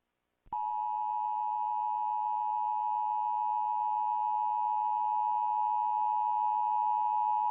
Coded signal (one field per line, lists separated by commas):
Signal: Emergency Alert System (SAME) tones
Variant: 853 and 960 Hz attention tone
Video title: ThisIsNotATest EAS and EBS Mock Videos - Season 2